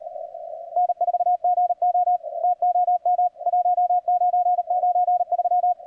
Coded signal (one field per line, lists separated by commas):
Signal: Morse code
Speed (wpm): 37 wpm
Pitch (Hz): 720 Hz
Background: radio noise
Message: N4GO TOM 1993